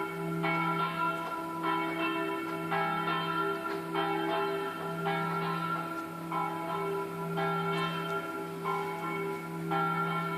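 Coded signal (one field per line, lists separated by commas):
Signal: bell signal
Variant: swing ringing (distesa), single bell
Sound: a single church bell swinging and ringing steadily, about one stroke every second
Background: low steady hum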